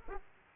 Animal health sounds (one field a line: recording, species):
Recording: mosquito wingbeat signal from an infrared sensor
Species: Aedes aegypti